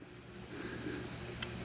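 A solar panel cable plug from a Renogy panel is pushed into the input port of an Ecoflow Delta Max portable power station over a steady low rumbling background. A single sharp click at 1.4 s marks the plug seating in the socket.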